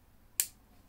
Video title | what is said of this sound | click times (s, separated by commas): Asus ROG Strix XG17 Full Bundle Unboxing, Overview & Comparison to an Open Box Model | you hear that click because it's locked | 0.4 s